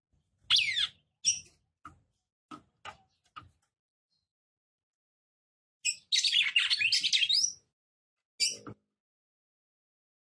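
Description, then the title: Red-cowled cardinal song: a bright chirp and several soft ticks, then a quick, twittering, chattering phrase followed by another high chirp. Female song, described as excited, used to stir up and provoke male red-cowled cardinals. "CANTO DA FÊ MEA GALO CAMPINA FOGOSA LEVANTA FOGOESQUENTA GALO CAMPINA MACHO RAPIDINHO FÊ MEA NERVOSA"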